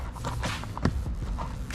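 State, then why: Seated. A plastic push-type trim clip is fed through the hole in a Type R style rear diffuser into the bumper on a 10th-gen Civic coupe and pressed in. Sharp clicks are heard at 0.8 s and 0.9 s, and the clip seats in place.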